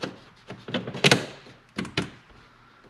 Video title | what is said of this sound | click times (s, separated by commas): DIY: Porsche Short Shifter Install (Manual Transmission 981 Cayman, 991 Carrera) | this also just clips right in. | 1.1 s